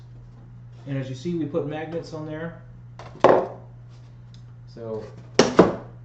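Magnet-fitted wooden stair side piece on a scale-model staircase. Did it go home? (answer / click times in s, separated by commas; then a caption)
yes / 5.4 s. Someone talks while a thick wooden side piece of a 1:6 scale diorama stairway, made thicker to hold the banister, is fitted with embedded magnets and pushed onto the stair section. A sharp knock sounds at about 3.2 s. The piece snaps home with a magnetic click at 5.4 s and a second knock just after, seating it in place.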